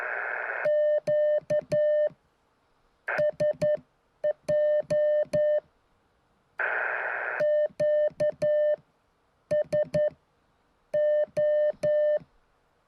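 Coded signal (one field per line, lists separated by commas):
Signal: Morse code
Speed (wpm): 10 wpm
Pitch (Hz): 600 Hz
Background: none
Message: QSJ QSO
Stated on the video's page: Actual CW contacts, sent with a keyer, during a park activation at a state fish hatchery.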